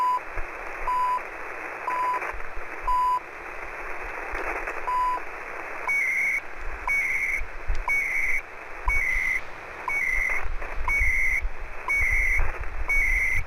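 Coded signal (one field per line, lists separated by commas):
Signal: radio time signal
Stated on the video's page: Received on a KiwiSDR.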